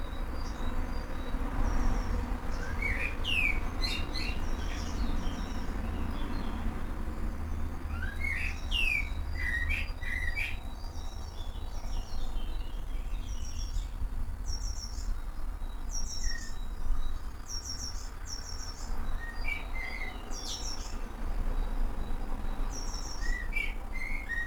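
Various birds call back and forth in a garden in the early morning, with bright chirps, quick rising whistles and short trilled phrases repeating every few seconds. A steady low rumble runs underneath throughout, and faint high insect-like chirring fills the gaps.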